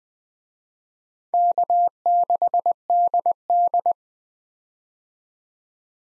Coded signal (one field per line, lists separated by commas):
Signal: Morse code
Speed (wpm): 20 wpm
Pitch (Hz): 700 Hz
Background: none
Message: K6DD